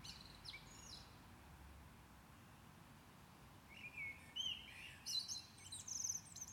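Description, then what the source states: Common blackbird giving a short fluted whistle followed by high, scratchy twittering notes, after a quiet stretch with only faint high chips and low hum. Recorded at Maindy.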